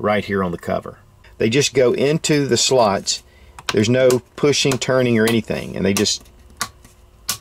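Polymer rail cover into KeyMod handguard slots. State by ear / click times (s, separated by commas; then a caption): seated / 6.6 s, 7.3 s. A polymer KeyMod rail cover is pressed into the oval slots of an aluminium handguard, with no pushing or turning. Its small ledges snap in with sharp clicks at 6.6 s and 7.3 s, and the cover seats in the slots. Someone talks for most of the clip before the clicks.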